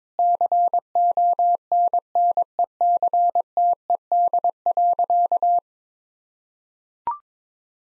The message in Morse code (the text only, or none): CONNECTED.